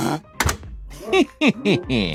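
A door shuts with one dull, heavy thunk near the start, then a few short, wavering vocal sounds follow without clear words.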